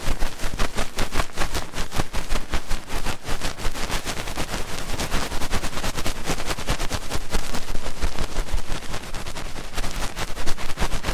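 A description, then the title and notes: Fast, intense ear cleaning sounds: dense, rapid crackling and scratching bursts, bright and rough, continuing without pause throughout. ASMR Fast & Intense Ear Cleaning 3Dio (No Talking).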